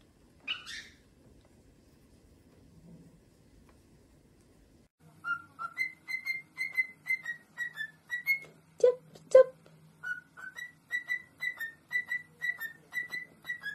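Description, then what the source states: Cockatiel whistling: a run of short whistled notes in quick succession, gently falling and rising, with two lower squeaks midway and a faint hum. Several cockatiels, singing with whistling.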